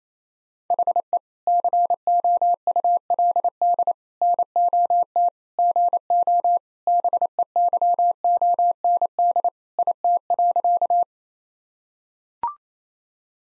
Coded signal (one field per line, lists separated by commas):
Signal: Morse code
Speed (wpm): 28 wpm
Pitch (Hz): 700 Hz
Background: none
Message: HE COULD NOT GO BEYOND IT.